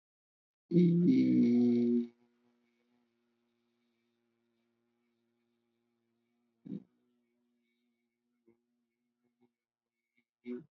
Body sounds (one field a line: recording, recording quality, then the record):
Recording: sustained vowel as in beet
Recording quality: excellent, no background noise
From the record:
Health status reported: respiratory illness, not identified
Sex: male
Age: 45 years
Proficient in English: yes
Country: India